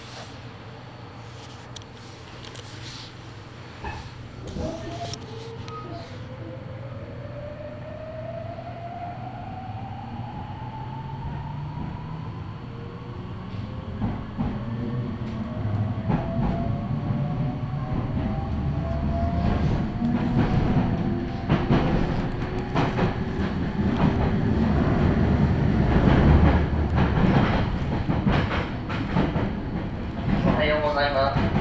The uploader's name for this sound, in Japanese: 名古屋鉄道 知多新線・河和線 内海→富貴→河和